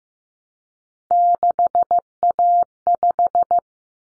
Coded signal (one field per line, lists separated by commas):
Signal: Morse code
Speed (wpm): 15 wpm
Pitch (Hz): 700 Hz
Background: none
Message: 6A5